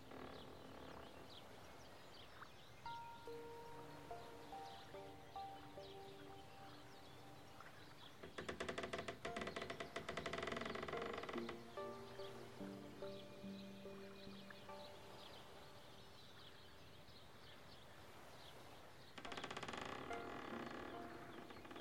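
Nature sounds by a Canadian lake: clear whistled bird notes at steady pitches repeat and overlap throughout over a soft, even hiss. A louder, dense rattling stretch covers roughly 8 to 11 seconds and returns briefly near 19 to 21 seconds.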